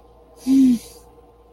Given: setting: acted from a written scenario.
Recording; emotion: vocal sound without words; contentment